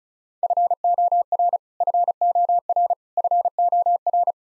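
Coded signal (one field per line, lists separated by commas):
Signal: Morse code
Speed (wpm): 34 wpm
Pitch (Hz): 700 Hz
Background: none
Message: FOR FOR FOR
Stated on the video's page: Morse code practice at 35 wpm: the 100 most common English words, each sent three times, then spoken, then sent again.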